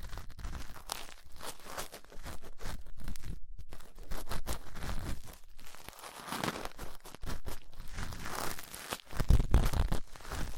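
Ear cleaning sounds with latex gloves, a dental pick and cotton swabs: dense crackling, rubbing and scratching that keeps shifting in texture. Short gaps of near silence come around 3.5 and 9 seconds, and a few low thumps land near the end.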